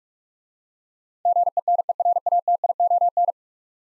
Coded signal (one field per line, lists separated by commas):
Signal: Morse code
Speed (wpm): 42 wpm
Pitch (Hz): 700 Hz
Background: none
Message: GENERATION